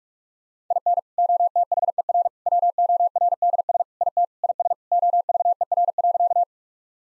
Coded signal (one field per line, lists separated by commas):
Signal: Morse code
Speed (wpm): 46 wpm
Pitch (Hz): 700 Hz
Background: none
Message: IN OTHER WORDS IT IS OVER.